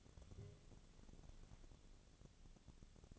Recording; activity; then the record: daily activity, microphone in the room; take from stove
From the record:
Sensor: 4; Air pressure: 1000.8 hPa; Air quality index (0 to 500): 124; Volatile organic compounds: 1 ppm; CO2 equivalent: 938 ppm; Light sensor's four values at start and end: 43/105/44/49 and 42/103/44/48